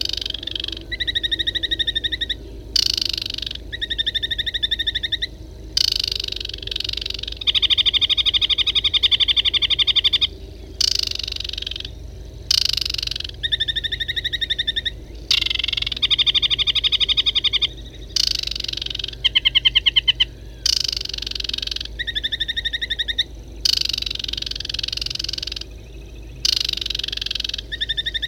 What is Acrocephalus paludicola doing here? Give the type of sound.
song